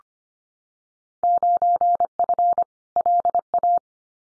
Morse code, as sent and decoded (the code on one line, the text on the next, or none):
----. ..-. / .-.. .-
9F LA